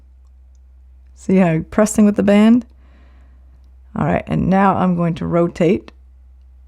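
Someone talks while pressing the release button on the aluminum case of a 45mm Hazel Google Pixel Watch 3 and begins rotating the smartwatch band into the case's band slot. Only faint handling ticks are heard under the talk, and the band has not yet clicked or seated in place.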